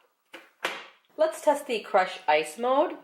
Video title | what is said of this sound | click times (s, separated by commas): KitchenAid 5 Speed Diamond Blender Review Black Friday Amazon 2016 Best Seller | put the picture on the base and turn clockwise until you hear it lock | 0.7 s